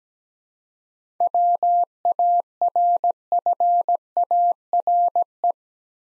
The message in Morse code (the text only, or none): WARFARE